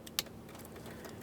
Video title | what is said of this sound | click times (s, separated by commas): How To Replace Headlight Switch 2000-2005 Buick LeSabre | listen for a click | 0.2 s